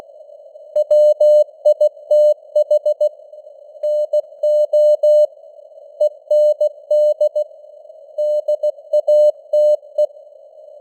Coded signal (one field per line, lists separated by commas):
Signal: Morse code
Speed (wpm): 16 wpm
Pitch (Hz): 600 Hz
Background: none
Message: WITH NO END DATE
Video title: Morse Code News | 2025-12-13 | 16wpm